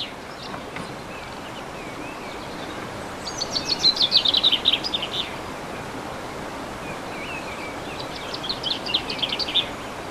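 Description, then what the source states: Bird song: a fast rattling phrase of high chirps in the middle, then another shorter, fainter phrase near the end, with constant hissing background noise. Recorded 15 March 2014 with an MZ-N710 recorder.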